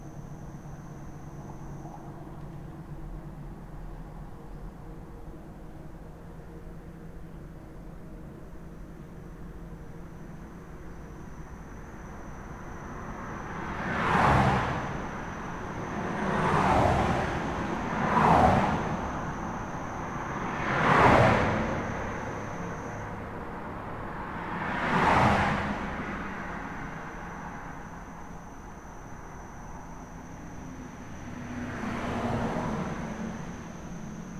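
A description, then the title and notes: Cars sweep past one after another from about 14 to 25 seconds, each a rising and falling whoosh over a low steady hum. Drive by invisible cars.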